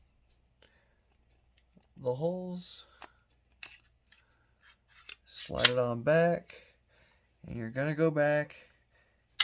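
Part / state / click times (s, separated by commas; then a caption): pistol slide onto frame rails / seated / 9.4 s. A pistol slide has its tabs set into the frame slots and is slid back along the frame rails on a Canik TP9SF while someone talks, with a few small taps and scrapes between the phrases. At 9.4 s a sharp, loud click is heard as the slide clicks into place on the frame and is seated.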